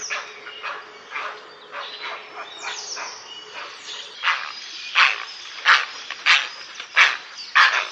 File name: Czapla siwa